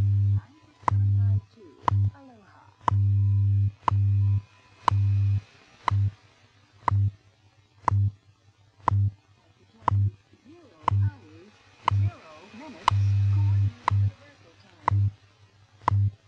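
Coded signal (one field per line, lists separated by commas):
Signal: radio time signal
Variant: WWV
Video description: WWV broadcast on 10.0 MHz with the leap second inserted at 23:59:60 UTC.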